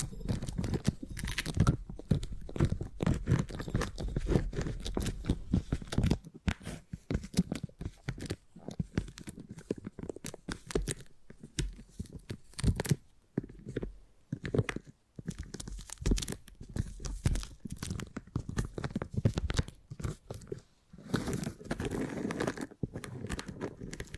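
Beeswax being handled, producing dense, sticky crackling and crinkling with sharp snaps that come in quick irregular bursts. Deep thuds sit under the bright crackle throughout, with brief quiet gaps around 6, 13–15 and 21 seconds before the handling resumes.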